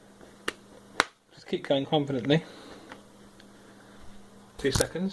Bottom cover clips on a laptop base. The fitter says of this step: what you do I thought you might want to see this but you run your card along you hear it clicking